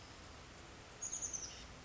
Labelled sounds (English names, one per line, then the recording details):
Chestnut-backed Chickadee
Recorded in Sonoma County, California